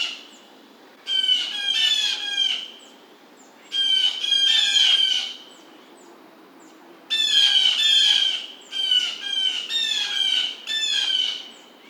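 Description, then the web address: Blue jay giving harsh, nasal jay calls in grouped bursts of quickly repeated notes, separated by silent gaps. Recorded 27 July 2009. "Blue Jay 2009 07 27 Blue Jay"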